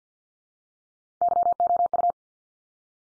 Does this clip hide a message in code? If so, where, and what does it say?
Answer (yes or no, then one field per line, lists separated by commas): yes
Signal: Morse code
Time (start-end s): 1.2-2.1 s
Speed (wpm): 52 wpm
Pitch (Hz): 700 Hz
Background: none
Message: YOU